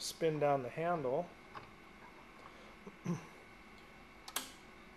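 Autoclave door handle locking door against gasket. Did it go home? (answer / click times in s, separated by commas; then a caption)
yes / 4.4 s. Someone talks as the handle of an autoclave door is spun down, locking the door against its gasket, with a few faint ticks along the way. A sharp click at 4.4 s marks the latch seating and the door closed.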